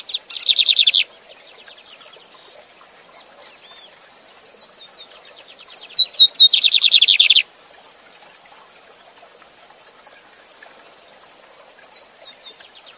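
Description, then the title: Lined seedeater song: two short bursts of rapid buzzy trilled notes separated by a long pause, against a steady high rushing-water hiss. 'Gavião negro' song type; teacher bird singing live beside a waterfall, used as a song tutor. "Novo Canto de Bigodinho. Bigode Gavião negro professor de canto cantando ao vivo com cascata!"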